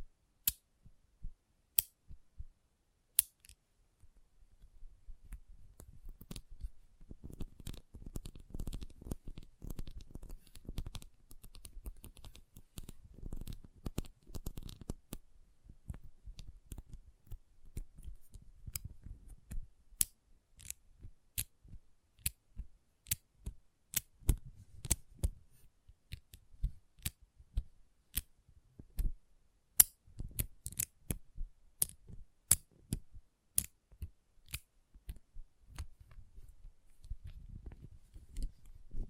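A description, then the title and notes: Intense magnetic tingles: dense crisp clicks and snaps with soft low rustling, busiest from about five seconds on, sharp ticks throughout. ASMR Intense Magnetic Tingles (No Talking).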